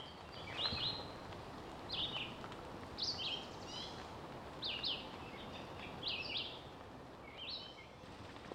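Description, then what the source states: Red-eyed Vireo song: short slurred whistled phrases, repeated with short pauses over a steady background hiss. Heard through summer by a lake in Pittsburgh, singing later into the day; song a quick, slightly slurred multi-syllable whistle going up and coming down.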